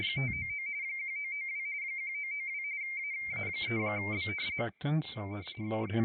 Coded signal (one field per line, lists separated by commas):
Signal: RTTY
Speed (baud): 45.45 baud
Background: speech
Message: 599 1992 1992 AA3B